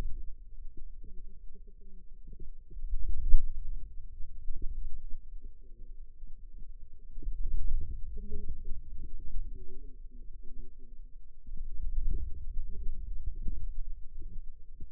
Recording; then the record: forearm muscle sounds (acoustic myography)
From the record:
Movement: wrist extension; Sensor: system 2, bracelet of six BSWA MPA416 microphones around the upper forearm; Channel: 2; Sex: female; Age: 21 years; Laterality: right